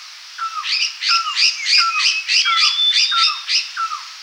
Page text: Red-Faced Liocichla Scolding Calls. Quick Sounds